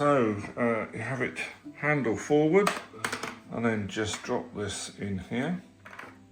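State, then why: Not seated. Someone talks while the handle of a Tineco iFloor 5 Breeze cordless floor washer is held handle-forward and dropped into its base unit, with a few faint handling sounds near 5.9 s. The clip ends before the handle goes home; nothing has seated or clicked yet.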